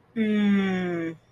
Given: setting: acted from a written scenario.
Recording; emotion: vocal sound without words; realization